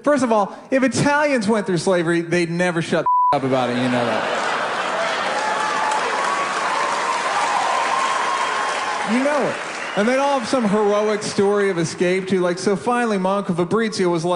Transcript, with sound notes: First of all, if Italians went through slavery, they'd never shut the [expletive] up about, and you know that. (APPLAUSE) You know it. And they'd all have some heroic story of escape, too, like - so finally My Uncle Fabrizio was like.